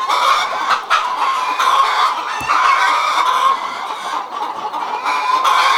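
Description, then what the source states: Chickens squawking and cackling nonstop, a thick overlapping chorus with a few louder harsh peaks. Several chickens, described as hysterical.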